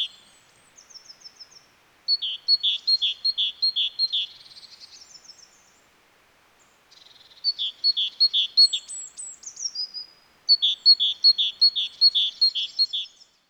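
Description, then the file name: Great tit song: bright two-note phrases repeated in rapid series, about two and a half per second, in three bursts separated by short pauses, with thin high twitters between. "Parus major"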